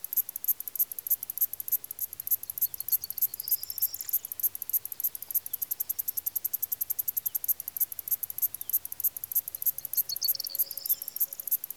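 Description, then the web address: Cricket chirping in a dense, rapid high-pitched pulse train, with two brief bird twitters and a faint steady tone later. Countryside, Greece. "BBC Sound Effects Library- (Greece) Countrysde crikets"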